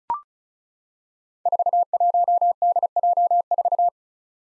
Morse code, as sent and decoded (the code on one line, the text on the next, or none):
....- .---- -.. .--- ....-
41DJ4